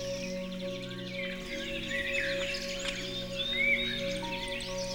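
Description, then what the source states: Bird song of thin rising and falling whistles and short chirps, set against soft held musical tones. Birdsong mixed with music.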